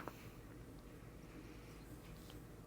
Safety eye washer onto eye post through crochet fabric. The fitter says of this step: And push it down until it snaps.